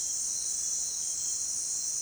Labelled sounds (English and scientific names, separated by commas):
none